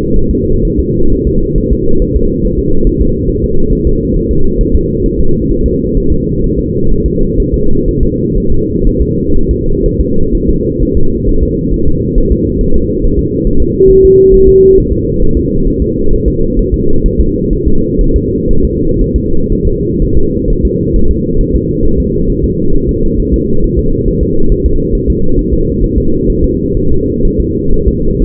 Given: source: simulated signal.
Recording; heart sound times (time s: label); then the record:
fetal heart sounds
0.16 s: S1
0.31 s: S2
0.65 s: S1
0.79 s: S2
1.12 s: S1
1.27 s: S2
1.58 s: S1
1.72 s: S2
2.02 s: S1
2.16 s: S2
2.45 s: S1
2.59 s: S2
2.87 s: S1
3.01 s: S2
3.29 s: S1
3.44 s: S2
3.72 s: S1
3.87 s: S2
4.16 s: S1
4.31 s: S2
4.61 s: S1
4.75 s: S2
5.06 s: S1
5.20 s: S2
5.51 s: S1
5.66 s: S2
5.97 s: S1
6.12 s: S2
6.44 s: S1
6.59 s: S2
6.92 s: S1
7.06 s: S2
7.40 s: S1
7.54 s: S2
7.88 s: S1
8.03 s: S2
8.38 s: S1
8.52 s: S2
8.87 s: S1
9.01 s: S2
9.36 s: S1
9.51 s: S2
9.86 s: S1
10.00 s: S2
10.35 s: S1
10.49 s: S2
10.82 s: S1
10.97 s: S2
11.29 s: S1
11.43 s: S2
11.74 s: S1
11.88 s: S2
12.18 s: S1
12.32 s: S2
12.61 s: S1
12.76 s: S2
13.04 s: S1
13.19 s: S2
13.47 s: S1
13.62 s: S2
13.90 s: S1
14.05 s: S2
14.34 s: S1
14.48 s: S2
14.78 s: S1
14.92 s: S2
15.22 s: S1
15.37 s: S2
15.68 s: S1
15.82 s: S2
16.13 s: S1
16.28 s: S2
16.59 s: S1
16.74 s: S2
17.06 s: S1
17.20 s: S2
17.53 s: S1
17.68 s: S2
18.01 s: S1
18.16 s: S2
18.51 s: S1
18.65 s: S2
19.01 s: S1
19.16 s: S2
19.52 s: S1
19.67 s: S2
20.02 s: S1
20.17 s: S2
20.50 s: S1
20.65 s: S2
20.96 s: S1
21.11 s: S2
21.41 s: S1
21.56 s: S2
21.85 s: S1
22.00 s: S2
22.30 s: S1
22.44 s: S2
22.75 s: S1
22.89 s: S2
23.19 s: S1
23.34 s: S2
23.64 s: S1
23.79 s: S2
24.08 s: S1
24.23 s: S2
24.52 s: S1
24.66 s: S2
24.95 s: S1
25.10 s: S2
25.39 s: S1
25.53 s: S2
25.84 s: S1
25.98 s: S2
26.30 s: S1
26.44 s: S2
26.77 s: S1
26.91 s: S2
27.25 s: S1
27.40 s: S2
27.74 s: S1
27.88 s: S2
28.22 s: S1
From the record:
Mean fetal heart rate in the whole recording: 130 bpm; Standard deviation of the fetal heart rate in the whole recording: 4 bpm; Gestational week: 38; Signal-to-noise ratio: -19.1 dB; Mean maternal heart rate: 72 bpm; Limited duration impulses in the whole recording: present